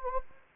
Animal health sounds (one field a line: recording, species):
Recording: mosquito wingbeat signal from an infrared sensor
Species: Anopheles gambiae